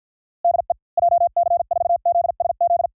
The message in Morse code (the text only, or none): DE JC4ZSZ